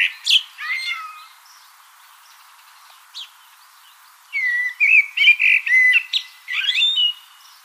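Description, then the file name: Common blackbird song: a few sharp chirps at first, then a quiet gap, then a burst of fluty whistled phrases mixed with higher twittering. "Turdus merula"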